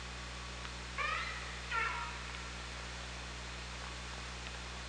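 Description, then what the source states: Orca calls, two quick harmonic squeals less than a second apart, against constant low hydrophone hum and background hiss. Recorded by OrcaLab hydrophone underwater on 24 August 2017 at 18:40:12.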